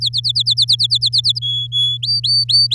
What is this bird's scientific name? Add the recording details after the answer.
Serinus canaria. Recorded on 7 May 2018 at 09:53. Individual llb16